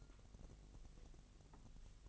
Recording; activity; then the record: daily activity, microphone in the room; take from stove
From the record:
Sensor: 4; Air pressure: 1000.0 hPa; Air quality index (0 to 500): 226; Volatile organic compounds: 28 ppm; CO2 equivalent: 2919 ppm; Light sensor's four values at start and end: 9/20/8/8 and 9/20/8/7